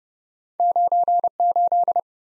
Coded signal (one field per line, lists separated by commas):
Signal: Morse code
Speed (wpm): 30 wpm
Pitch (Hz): 700 Hz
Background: none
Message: 98